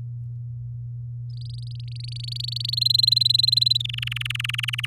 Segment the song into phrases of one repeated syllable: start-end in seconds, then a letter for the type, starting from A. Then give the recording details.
1.29-2.75 A, 2.77-3.77 B, 3.79-4.86 C. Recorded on 10 May 2018 at 05:44. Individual llb16